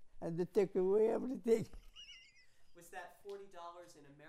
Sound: chuckles

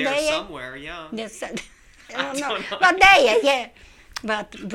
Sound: they laugh

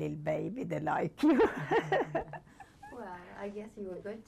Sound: laughs

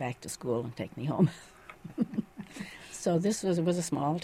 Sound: chuckles

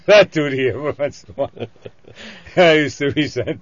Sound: he laughs

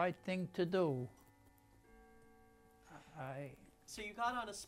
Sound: clock chimes

